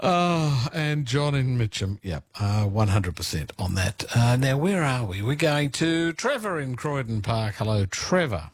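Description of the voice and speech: An adult man speaks clearly and fluently at a relaxed, conversational pace in the manner of a radio presenter, with a steady mid-low pitch and lively intonation, acknowledging one caller and greeting the next. Voice quality is clear, with no hoarseness, slurring or repetition. Ordinary adult speech.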